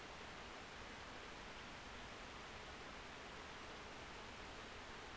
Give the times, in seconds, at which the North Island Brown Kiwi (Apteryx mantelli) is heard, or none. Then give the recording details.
none. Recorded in New Zealand on 12 February 2013. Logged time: 22:59. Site DH65